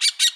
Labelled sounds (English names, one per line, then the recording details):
Brown-throated Parakeet contact call
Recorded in Bonaire
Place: just S of turnoff to Cai, near Lac Bay
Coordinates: 12.126, -68.239